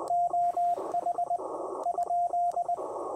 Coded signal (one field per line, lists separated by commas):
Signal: Morse code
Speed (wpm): 20 wpm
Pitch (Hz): 700 Hz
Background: radio noise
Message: OH ?